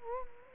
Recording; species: mosquito wingbeat signal from an infrared sensor; Culex quinquefasciatus